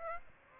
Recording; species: mosquito wingbeat signal from an infrared sensor; Aedes aegypti